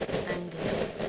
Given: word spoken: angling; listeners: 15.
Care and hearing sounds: one English word in noise, from a listening test; noise modulated by three-talker babble; -6.3 dB; 1 of 15; 9 of 15; 0.69 s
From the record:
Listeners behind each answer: 9, 2, 1, 1, 1, 1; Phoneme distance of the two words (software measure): 24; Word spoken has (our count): 2 syllables, 6 phonemes, stress on syllable 1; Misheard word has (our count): 2 syllables, 4 phonemes, stress on syllable 1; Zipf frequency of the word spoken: 2.97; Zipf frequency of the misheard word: 4.30

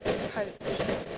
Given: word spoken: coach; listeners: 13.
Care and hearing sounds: one English word in noise, from a listening test; noise modulated by three-talker babble; -6.0 dB; 2 of 13; 7 of 13; 0.78 s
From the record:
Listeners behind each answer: 7, 2, 2, 1, 1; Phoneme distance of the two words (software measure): 10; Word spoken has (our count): 1 syllable, 3 phonemes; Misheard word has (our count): 1 syllable, 3 phonemes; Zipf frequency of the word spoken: 4.51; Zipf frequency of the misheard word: 3.28

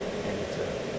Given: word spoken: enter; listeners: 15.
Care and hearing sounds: one English word in noise, from a listening test; speech-shaped noise; -6.0 dB; 1 of 15; 9 of 15; 0.59 s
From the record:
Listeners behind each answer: 9, 2, 1, 1, 1, 1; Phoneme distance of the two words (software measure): 17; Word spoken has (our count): 2 syllables, 4 phonemes, stress on syllable 1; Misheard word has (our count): 2 syllables, 5 phonemes, stress on syllable 1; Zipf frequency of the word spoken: 4.42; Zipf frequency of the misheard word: 4.03

